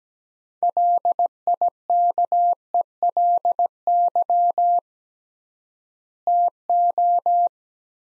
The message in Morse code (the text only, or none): LIKELY TO